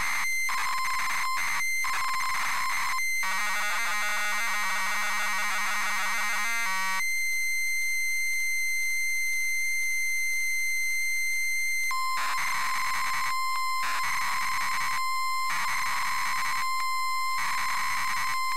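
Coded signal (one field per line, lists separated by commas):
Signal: ZX Spectrum tape loading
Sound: harsh buzzing bursts, a long steady high tone, then more rasping data bursts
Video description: ZX Spectrum load up and quick game play of SpellBound 128k loaded up using a zx spectrum +3 with a wh smith cpd8300 cassette player.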